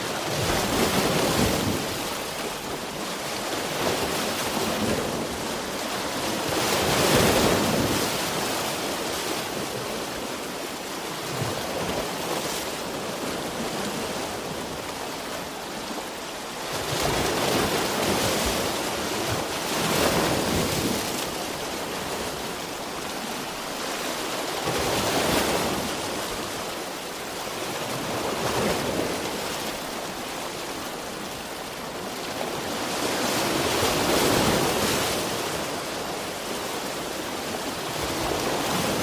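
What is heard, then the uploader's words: Ocean waves roll in a steady, regular rhythm, each surge swelling into a bright hiss and washing back roughly every four to five seconds. The wash never fully drops away, leaving a dense bed of surf noise with a faint low rumble of wind beneath. Ocean Sounds White Noise.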